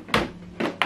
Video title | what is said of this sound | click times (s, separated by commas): HOW TO SETUP / CONNECT HP LASERJET M140WE TO PC WITH USB CABLE, SCAN A DOCUMENT, PRINT AND SHARE | here click sound you can see | 0.8 s